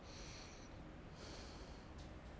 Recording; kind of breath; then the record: one breath in and out by a microphone near the nose and mouth; deep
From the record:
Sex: male